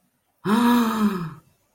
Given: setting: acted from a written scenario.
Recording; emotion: vocal sound without words; awe